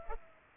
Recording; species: mosquito wingbeat signal from an infrared sensor; Culex pipiens